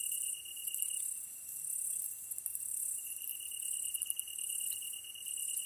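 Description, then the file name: Tree cricket singing a continuous trill, with repeated bursts of a sharper, higher insect buzz. Kantan recorded together with ezotsuyumushi on 15 August 2010 at 22:39, with a DH-D50. "kantan ezotuyumusi-20100815-2239"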